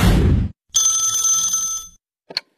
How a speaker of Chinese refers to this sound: 这天呢，小何跟佳佳正看电视呢，小何的表弟打来了电话。